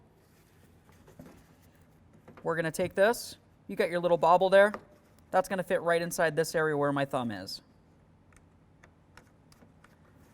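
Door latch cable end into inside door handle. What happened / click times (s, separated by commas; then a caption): The cable end was placed into its pocket without a seating click / none. The bobble end of a front interior door handle latch cable on a 1998–2011 Ford Ranger is lined up in its pocket in the inside door handle while someone talks. Only light, faint ticks are heard, and nothing has seated or clicked yet.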